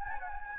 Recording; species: mosquito wingbeat signal from an infrared sensor; Anopheles gambiae